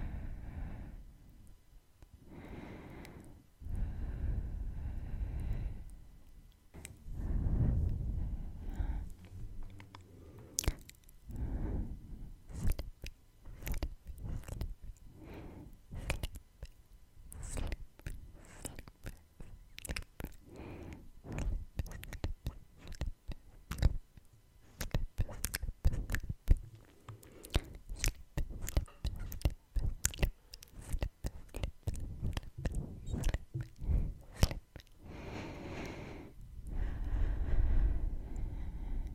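Tongue clicks and wet kissing sounds come in dense, irregular bursts from about ten seconds to thirty-five, sharp and bright against quiet gaps. Soft breathing and low rubbing of face touching fill the opening and closing stretches with steady, muffled swells.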